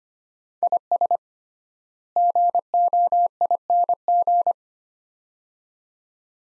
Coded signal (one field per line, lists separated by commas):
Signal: Morse code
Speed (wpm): 25 wpm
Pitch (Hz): 700 Hz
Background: none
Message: IS GOING